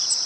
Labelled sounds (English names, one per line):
Cape May Warbler flight call